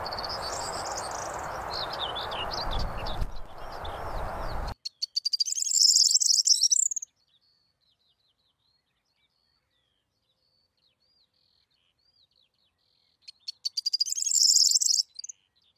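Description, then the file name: Corn bunting song: a dry, jangling burst of high notes, heard twice, after an opening stretch of loud hissing noise. "canto do trigueirao"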